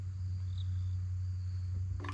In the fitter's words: Now that didn't click.